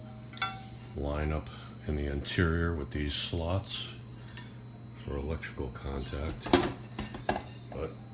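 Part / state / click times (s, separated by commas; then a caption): temperature control probe into electric skillet socket / seated / 7.3 s. Someone talks while the detachable temperature control probe of a Proctor Silex electric skillet, with its heavy-duty contacts lined up with the slots, is pushed into the skillet's plastic socket. Brief knocks come at 0.4 s and 4.4 s, then one sharp hit at 7.3 s as the probe pops in and seats.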